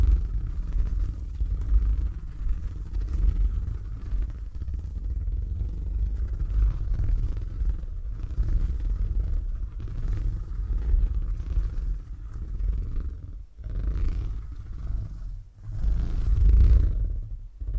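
A cat purrs in a steady, deep rumble for most of the clip, with brief dips near 13 and 15 seconds between breaths.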